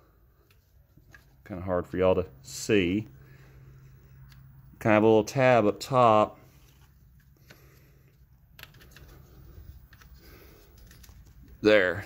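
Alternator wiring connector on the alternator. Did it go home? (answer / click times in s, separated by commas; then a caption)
released / 8.6 s. Someone talks while a flat screwdriver levers back the plastic locking tab on the electrical connector of an MKVI GTI's alternator so the plug can be pulled off. A small click at 8.6 s marks the connector clip releasing, with faint handling ticks around it.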